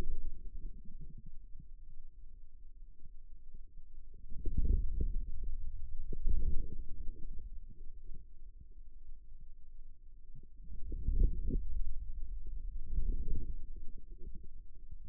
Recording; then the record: forearm muscle sounds (acoustic myography)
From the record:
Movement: outward rotation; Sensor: system 2, bracelet of six BSWA MPA416 microphones around the upper forearm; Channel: 3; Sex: male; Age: 22 years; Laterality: right